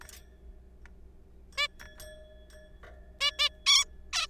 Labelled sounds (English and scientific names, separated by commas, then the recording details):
Zebra Finch (Taeniopygia guttata)
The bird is a juvenile
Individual R3428